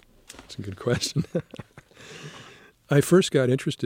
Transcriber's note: laughter